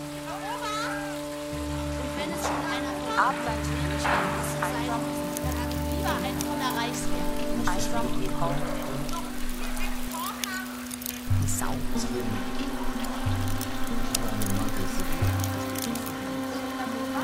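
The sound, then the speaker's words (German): Rain patters steadily with irregular, crisp drops, layered over a sustained low humming tone and soft rhythmic pulses underneath. “es regnet.”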